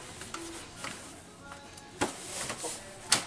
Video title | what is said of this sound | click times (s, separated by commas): Коляска Indigo Sidney | место ставим от мала до щелчка | 3.1 s